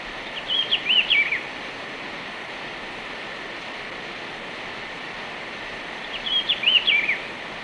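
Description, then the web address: Rufous-browed peppershrike delivering a bright, up-and-down whistled phrase, heard twice about six seconds apart against steady background hiss. Ecuador. "Birds of Ecuador. Rufous-browed Peppershrike"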